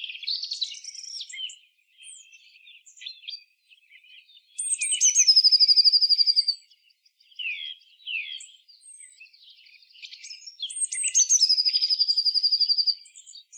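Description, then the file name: Eurasian blue tit song: high sharp introductory notes followed by a rapid, even trill, given twice about six seconds apart amid scattered quiet twitters. "Cyanistes caeruleus"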